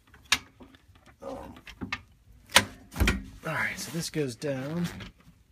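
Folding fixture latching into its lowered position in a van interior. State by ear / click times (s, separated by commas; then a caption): not seated / none. A folding fixture (a fold-down panel) in a Dodge Promaster camper van conversion is handled and lowered, with scattered knocks and rattles and sharper thumps near 0.3, 1.9, 2.6 and 3.1 s, while someone talks. The panel has not yet locked in place; nothing has seated or clicked yet.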